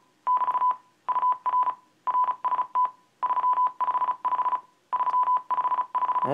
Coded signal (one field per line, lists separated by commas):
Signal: Morse code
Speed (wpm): 36 wpm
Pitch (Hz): 1000 Hz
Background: none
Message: <BT> UR RST 355 355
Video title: Using Adafruit's Mic Amp to copy CW on Arduino